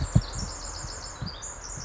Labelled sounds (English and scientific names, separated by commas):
Pacific Wren (Troglodytes pacificus)